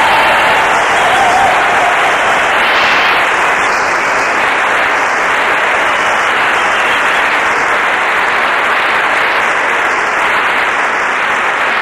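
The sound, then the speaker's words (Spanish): Loud, sustained audience applause fills the whole stretch, a dense wash of many hands clapping at a steady level with no pauses or voices standing out. “un aplauso tremendo para todos ellos.”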